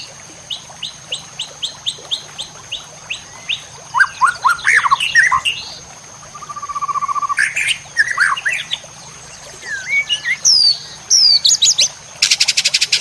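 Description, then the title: White-rumped shama song opening with a string of evenly spaced sharp notes, then tumbling whistled phrases, a long steady whistle and a fast buzzy trill at the end; faint hum throughout. Masteran (song-tutoring) recording for training cage birds, titled Labaik. "MASTERAN MURAI BATU LABAIK"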